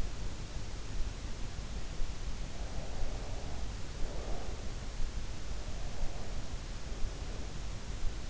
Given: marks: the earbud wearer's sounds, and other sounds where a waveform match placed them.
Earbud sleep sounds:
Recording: sounds in sleep by an in-ear microphone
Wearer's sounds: breath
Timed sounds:
2.63-4.60 s: breath

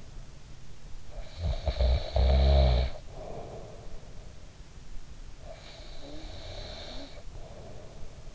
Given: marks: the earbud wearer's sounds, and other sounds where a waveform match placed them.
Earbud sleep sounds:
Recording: sounds in sleep by an in-ear microphone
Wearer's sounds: snoring breath, breath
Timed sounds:
1.01-4.29 s: snoring breath
5.30-8.35 s: breath

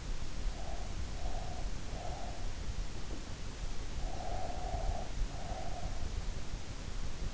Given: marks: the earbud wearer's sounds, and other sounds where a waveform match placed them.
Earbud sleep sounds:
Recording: sounds in sleep by an in-ear microphone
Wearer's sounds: breath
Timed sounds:
0.00-2.58 s: breath
4.07-6.01 s: breath

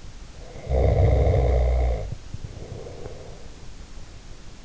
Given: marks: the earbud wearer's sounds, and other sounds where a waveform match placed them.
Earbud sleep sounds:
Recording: sounds in sleep by an in-ear microphone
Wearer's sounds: snoring breath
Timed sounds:
0.30-3.44 s: snoring breath

